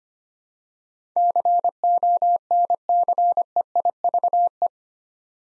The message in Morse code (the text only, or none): CONCEIVE